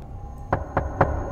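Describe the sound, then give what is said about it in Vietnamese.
Three evenly spaced knocks on a door, dull and solid, sounding alone over a faint steady background hum with no voices. “Tiếng gõ cửa cứ vang vọng lên đều đều.”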